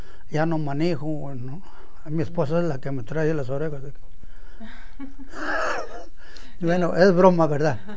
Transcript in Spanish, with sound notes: Ya no manejo. Mi esposa es la que me trae de las orejas. (risas) Bueno, es broma, ¿verdad?